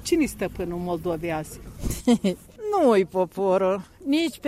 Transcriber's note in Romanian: Râde